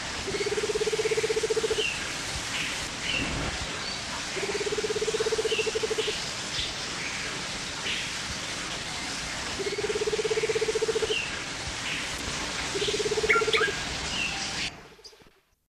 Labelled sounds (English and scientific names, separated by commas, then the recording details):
Cinnamon Ground Dove (Gallicolumba rufigula) call
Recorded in captivity
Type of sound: call
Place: Vogelpark Walsrode
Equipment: Halbspur, 9,5 cm/s
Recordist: Lütgens, Hans
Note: Rufe